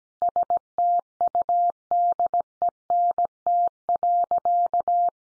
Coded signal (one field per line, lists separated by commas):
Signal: Morse code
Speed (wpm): 17 wpm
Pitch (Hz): 700 Hz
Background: none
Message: STUDENT.